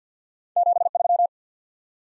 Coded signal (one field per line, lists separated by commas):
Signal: Morse code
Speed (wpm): 51 wpm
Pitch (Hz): 700 Hz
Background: none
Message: 73